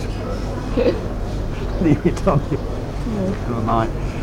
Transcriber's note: laughs